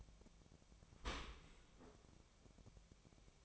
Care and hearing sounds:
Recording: daily activity, microphone in the room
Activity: open dishwasher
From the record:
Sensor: 1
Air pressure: 1003.1 hPa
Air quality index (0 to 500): 195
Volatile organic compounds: 6 ppm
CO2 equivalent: 1866 ppm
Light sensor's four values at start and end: 28/69/29/35 and 28/69/29/35

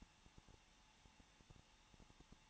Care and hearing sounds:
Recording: daily activity, microphone in the room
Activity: no activity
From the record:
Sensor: 1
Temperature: 20.1 degrees Celsius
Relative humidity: 39.3%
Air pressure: 1006.4 hPa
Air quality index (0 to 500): 218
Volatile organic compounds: 80 ppm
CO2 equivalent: 3605 ppm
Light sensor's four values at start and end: 1/2/1/1 and 1/2/1/1

